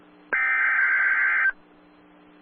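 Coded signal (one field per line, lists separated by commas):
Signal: Emergency Alert System (SAME) tones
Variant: header bursts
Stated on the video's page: NOAA weather radio recording of a severe thunderstorm warning interrupted by a tornado warning.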